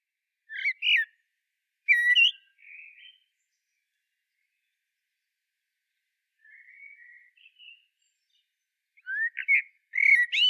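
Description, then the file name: Common blackbird song in separate bursts: fluty warbled notes, soft phrases in the middle, and rising whistles with high squeaky twitters near the end. "Turdus merula"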